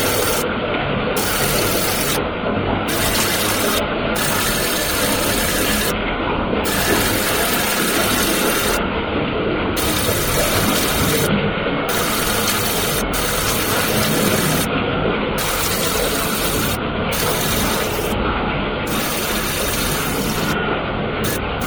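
Bath water runs in a steady, dense rush that holds an even level for the whole stretch. The sound is full and hissy, with a faint rattling, grinding texture underneath, and the brightest top edge cuts in and out every second or two.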